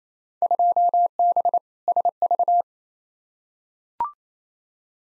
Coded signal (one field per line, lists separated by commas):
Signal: Morse code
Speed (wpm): 28 wpm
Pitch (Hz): 700 Hz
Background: none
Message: 2B SV